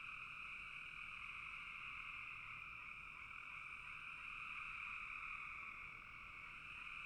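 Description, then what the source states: Frog chorus, a continuous buzzing trill from many callers, even and unbroken throughout. Frogs calling in a bog.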